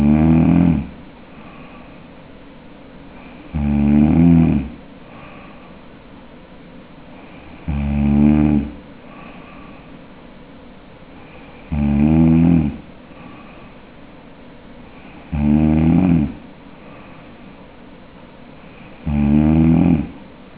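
Palatal snoring from an adult sleeper.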